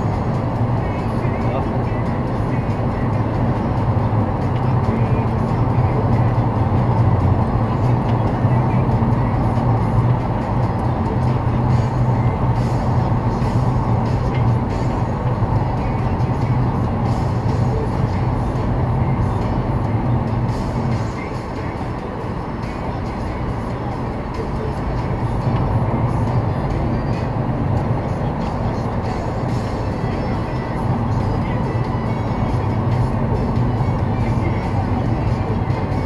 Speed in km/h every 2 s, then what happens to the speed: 90, 89, 88, 86, 85, 84, 82, 77, 76, 75, 77, 80, 83, 85, 78, 72, 70, 67.
0-15 slows to 76. 15-26 speeds up to 85. 26-36 slows to 67.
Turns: none.